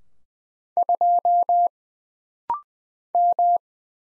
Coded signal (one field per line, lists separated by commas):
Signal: Morse code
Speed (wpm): 20 wpm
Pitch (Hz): 700 Hz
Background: none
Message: 2 M